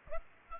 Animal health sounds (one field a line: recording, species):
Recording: mosquito wingbeat signal from an infrared sensor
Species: Aedes aegypti